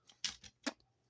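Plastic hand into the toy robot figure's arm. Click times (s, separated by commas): 0.2 s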